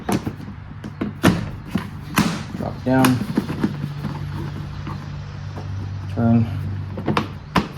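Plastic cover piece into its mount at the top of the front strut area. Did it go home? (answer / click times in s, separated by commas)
yes / 7.2 s, 7.6 s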